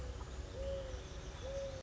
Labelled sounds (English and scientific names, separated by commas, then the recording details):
Mourning Dove (Zenaida macroura)
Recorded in Sonoma County, California